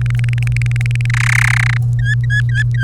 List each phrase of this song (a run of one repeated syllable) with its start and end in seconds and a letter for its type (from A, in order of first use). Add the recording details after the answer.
0.01-1.06 A, 1.10-1.77 B, 1.99-2.83 C. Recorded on 30 April 2018 at 16:20. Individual llb3